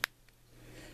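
A Citizen CLU048 (1212/1812, 3500K, 90 CRI) LED COB chip is pressed down into its plastic holder and snaps into place with one sharp click at 0.0 s. A much fainter tick follows at 0.3 s over a low steady hum. The chip is seated in the holder.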